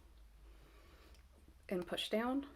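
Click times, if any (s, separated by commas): none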